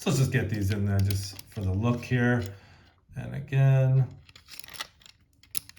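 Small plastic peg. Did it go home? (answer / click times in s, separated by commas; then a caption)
yes / 5.6 s. Someone talks while another plastic missile is pushed into the shoulder cannon of a vintage re-issue Transformers Beast Wars Optimus Primal action figure. A few faint plastic ticks follow, then a sharp click at 5.6 s as the missile seats in the cannon.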